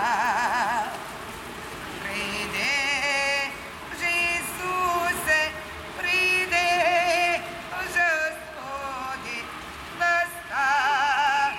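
A street in Saint-Petersburg, with voices and melodic wavering tones in bursts over a steady low traffic rumble throughout.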